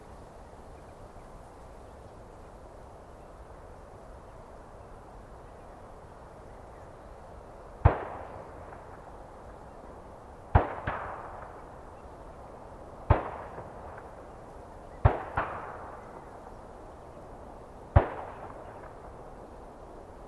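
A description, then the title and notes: Target shooters fire sharp, single gunshots, starting near eight seconds and then coming every two to three seconds, each with a short echoing tail. A steady, low outdoor hiss, like wind through trees, fills the gaps between shots. Sometimes humanity intrudes hard, like in this recording in the form of target shooters.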